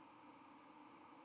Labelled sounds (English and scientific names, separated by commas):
White-throated Sparrow (Zonotrichia albicollis) flight call